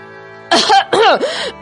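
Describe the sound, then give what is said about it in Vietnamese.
After a brief hush, a raspy, throaty cough bursts out in two loud voiced heaves, with the start of a third cut off at the end. “… phá vỡ sự im lặng bao trùm bằng một tiếng ho.”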